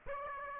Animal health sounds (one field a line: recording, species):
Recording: mosquito wingbeat signal from an infrared sensor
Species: Aedes aegypti